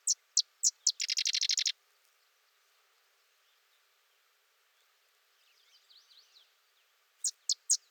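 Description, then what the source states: Sedge wren song, several crisp high chips then a fast dry rattle, followed by a quiet stretch with faint soft notes and more chips at the end. Singing close.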